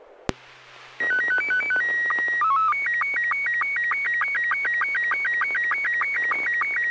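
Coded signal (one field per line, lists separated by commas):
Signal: SSTV (slow-scan television)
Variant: Robot 72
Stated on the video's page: SSTV net on an FM repeater on 441.300 MHz, images sent with MMSSTV software.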